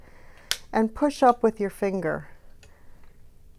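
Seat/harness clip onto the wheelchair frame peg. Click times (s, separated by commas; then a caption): 0.5 s. A seat/harness clip on a dog wheelchair, with its locking hole put over the silver peg on the frame, is pushed up with a finger and snaps sharply onto the peg at 0.5 s while someone talks. The snap means the clip is locked in properly, seated on the frame peg.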